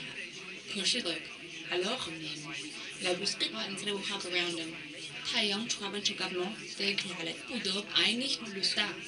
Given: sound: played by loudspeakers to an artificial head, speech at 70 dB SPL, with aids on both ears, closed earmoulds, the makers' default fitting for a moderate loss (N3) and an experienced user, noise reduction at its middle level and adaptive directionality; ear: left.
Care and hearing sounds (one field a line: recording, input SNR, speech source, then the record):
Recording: speech test signal (ISTS) in cocktail-party noise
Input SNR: +9 dB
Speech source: on the right (90 degrees)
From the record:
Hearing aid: class 2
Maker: B